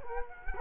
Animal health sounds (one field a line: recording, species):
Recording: mosquito wingbeat signal from an infrared sensor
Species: Culex quinquefasciatus